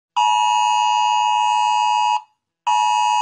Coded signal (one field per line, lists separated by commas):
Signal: Emergency Alert System (SAME) tones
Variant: 853 and 960 Hz attention tone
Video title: Rating EAS alarms|| Part 3